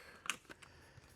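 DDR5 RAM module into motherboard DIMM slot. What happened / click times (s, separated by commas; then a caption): The memory module latch clicked home / 0.3 s. A DDR5 RAM module is pressed home into a motherboard DIMM slot, and the slot latch clicks at 0.3 s. Two fainter ticks follow at about 0.5 s and 0.6 s. The module is seated, bringing the PC to 64 GB of RAM.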